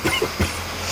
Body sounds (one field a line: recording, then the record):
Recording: coughing mixed with background sound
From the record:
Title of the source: Dry Afternoon Cough